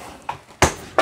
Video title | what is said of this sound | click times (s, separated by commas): Bissell MultiClean Lift-Off Pet Vacuum UNBOXING & REVIEW | Turn it to the lock position. There, | 0.6 s